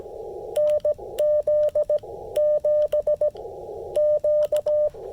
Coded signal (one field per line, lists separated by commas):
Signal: Morse code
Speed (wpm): 17 wpm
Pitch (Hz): 600 Hz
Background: radio noise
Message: NZ7Q